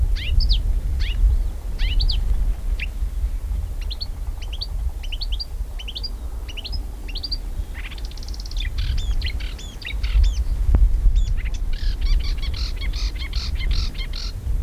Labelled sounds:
Marsh Warbler song
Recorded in the wild
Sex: male
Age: adult
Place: Wiesenthau, Bayern, DE
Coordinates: 49.7128, 11.1353
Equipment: Maihak, Original, Vollspur
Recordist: Tretzel, Erwin
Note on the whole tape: Männchen: Gesang. Imitationen/Elemente: Tauchertrillern (?), Stieglitz (mit "aia"), Schwanzmeisen, "fuid -taktak" und "fuid - krrr", "pink pink", "pink pink", Mehlschwalben, Meisenlaute, "huid huid", Grünling ("gück gück"), "wäd wäd" (? Grasmücke), kurz Feldlerche, "gä gä" (Würger (?)), "ädäläpi", Stieglitz, "huid tatata", Bachstelze ("zißiß"), Feldlerche, "pink pink", Feldlerche, Stieglitz. Keine genaue Datumsangabe - 1960, 1.Teil

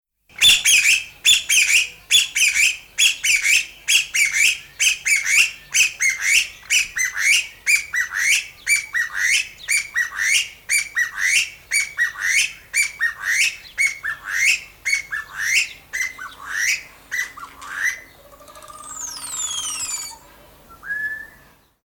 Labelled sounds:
Chinese Bamboo Partridge
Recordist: Tembrock, Günter
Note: rhythmische Rufreihe

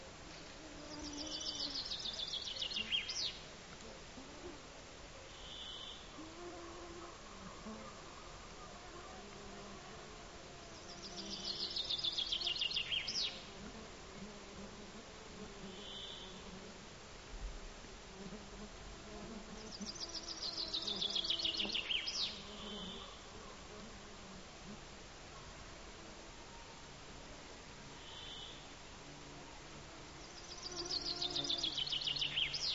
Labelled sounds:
Common Chaffinch song
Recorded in the wild
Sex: male
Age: adult
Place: Halbinsel Kindo, Karelien, RU
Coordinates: 66.5469, 33.13
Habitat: taiga
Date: 1995-06-23 22:04
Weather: fair, no wind, 20°C
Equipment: Sony TCD-D3, Sennheiser MKH 70, Windkorb
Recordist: Frommolt, Karl-Heinz

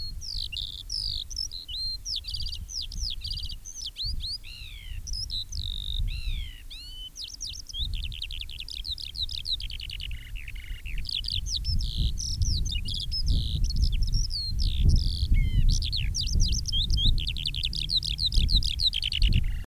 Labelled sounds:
Eurasian Skylark song
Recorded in the wild
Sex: male
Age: adult
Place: Röttenbach, Bayern, DE
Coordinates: 49.6683, 10.9244
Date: 1964-06-02
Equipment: Original, Vollspur
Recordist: Tretzel, Erwin

